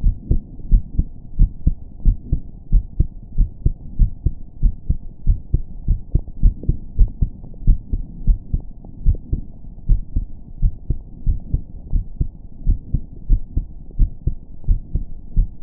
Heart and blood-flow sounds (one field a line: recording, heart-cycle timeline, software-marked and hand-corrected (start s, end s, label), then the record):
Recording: heart sounds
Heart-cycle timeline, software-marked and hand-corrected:
0.00	0.04	diastole
0.04	0.16	S1
0.16	0.30	systole
0.30	0.42	S2
0.42	0.70	diastole
0.70	0.82	S1
0.82	0.96	systole
0.96	1.06	S2
1.06	1.38	diastole
1.38	1.50	S1
1.50	1.64	systole
1.64	1.74	S2
1.74	2.04	diastole
2.04	2.16	S1
2.16	2.30	systole
2.30	2.40	S2
2.40	2.72	diastole
2.72	2.84	S1
2.84	2.98	systole
2.98	3.08	S2
3.08	3.38	diastole
3.38	3.50	S1
3.50	3.64	systole
3.64	3.74	S2
3.74	4.00	diastole
4.00	4.12	S1
4.12	4.24	systole
4.24	4.34	S2
4.34	4.62	diastole
4.62	4.74	S1
4.74	4.88	systole
4.88	4.98	S2
4.98	5.26	diastole
5.26	5.38	S1
5.38	5.52	systole
5.52	5.62	S2
5.62	5.88	diastole
5.88	5.98	S1
5.98	6.08	systole
6.08	6.18	S2
6.18	6.42	diastole
6.42	6.56	S1
6.56	6.66	systole
6.66	6.74	S2
6.74	6.98	diastole
6.98	7.10	S1
7.10	7.22	systole
7.22	7.32	S2
7.32	7.64	diastole
7.64	7.78	S1
7.78	7.92	systole
7.92	8.02	S2
8.02	8.28	diastole
8.28	8.40	S1
8.40	8.54	systole
8.54	8.66	S2
8.66	9.04	diastole
9.04	9.18	S1
9.18	9.32	systole
9.32	9.46	S2
9.46	9.84	diastole
9.84	10.00	S1
10.00	10.14	systole
10.14	10.26	S2
10.26	10.60	diastole
10.60	10.72	S1
10.72	10.88	systole
10.88	10.98	S2
10.98	11.28	diastole
11.28	11.40	S1
11.40	11.52	systole
11.52	11.62	S2
11.62	11.92	diastole
11.92	12.04	S1
12.04	12.20	systole
12.20	12.32	S2
12.32	12.66	diastole
12.66	12.78	S1
12.78	12.92	systole
12.92	13.02	S2
13.02	13.30	diastole
13.30	13.42	S1
13.42	13.56	systole
13.56	13.66	S2
13.66	13.98	diastole
13.98	14.10	S1
14.10	14.26	systole
14.26	14.36	S2
14.36	14.68	diastole
14.68	14.80	S1
14.80	14.96	systole
14.96	15.06	S2
15.06	15.36	diastole
15.36	15.48	S1
15.48	15.62	systole
15.62	15.63	S2
From the record:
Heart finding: normal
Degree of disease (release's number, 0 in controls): 0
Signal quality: good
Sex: male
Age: 24 years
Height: 1.74 m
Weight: 72 kg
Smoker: no